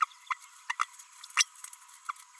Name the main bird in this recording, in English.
Green-rumped Parrotlet